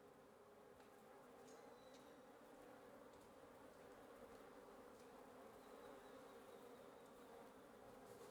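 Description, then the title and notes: Wasps buzzing steadily in a thick droning hum, with a few faint high whistles briefly heard in the background. Wasp nest under the roof of a residence in Antigua Guatemala, Guatemala; recorded in the morning. "1a Avenida Nte 19, Antigua Guatemala, Guatemala - Un nid de guêpes. Un nid de guêpes sous le toit de ma résidence. Prise de sons (matinale) : JF CAVRO"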